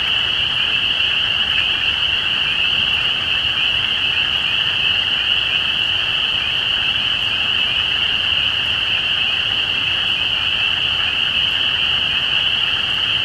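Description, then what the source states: Spring peeper chorus, a dense continuous high ringing of many overlapping peeps forming an unbroken shrill wall of sound throughout. Recorded at Easter 2017.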